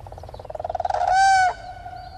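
Common crane giving a loud trumpeting call: quick pulsing notes build into one resonant, sustained tone that breaks off abruptly.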